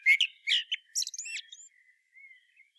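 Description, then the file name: Common blackbird giving a brief song phrase: a few rich notes, then a burst of high, scratchy twittering that fades into faint soft notes. "Turdus merula"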